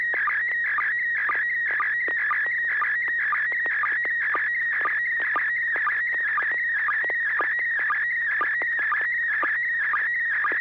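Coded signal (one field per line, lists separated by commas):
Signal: SSTV (slow-scan television)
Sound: continuous warbling whine with quick rhythmic low chirps about twice a second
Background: low hum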